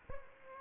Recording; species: mosquito wingbeat signal from an infrared sensor; Aedes aegypti